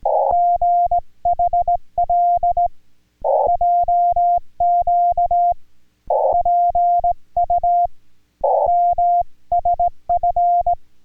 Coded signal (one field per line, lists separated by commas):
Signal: Morse code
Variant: Korean alphabet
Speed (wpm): 18 wpm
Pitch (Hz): 700 Hz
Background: none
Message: 숙 해 지 면